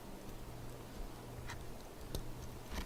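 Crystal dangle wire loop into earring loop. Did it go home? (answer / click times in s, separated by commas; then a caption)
yes / 2.1 s. A second crystal dangle's wire loop is pushed into a metal earring loop on the same side. After a low, steady background with faint ticks, a sharp click at 2.2 seconds marks the loop seating in place.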